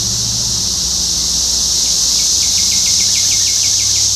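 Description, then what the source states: Cicada chorus: an unbroken, shrill buzzing wash, joined in the second half by a quick series of short repeated chirps, over a faint low hum. Cicadas in Topeka, Kansas, on 14 June 2015.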